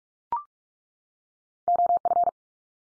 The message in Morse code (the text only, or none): OF